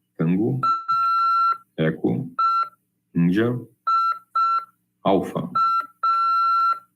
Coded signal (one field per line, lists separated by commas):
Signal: Morse code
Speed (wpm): 5 wpm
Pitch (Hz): 1350 Hz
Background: speech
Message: AEIA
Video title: RADIOAMADOR 2ªEd. 16/1/2023 "AULA 5 CW, LEGIS e C.RODADA" PY2EXU PAULO SP/SP CRASP FM 146.410 Mhz.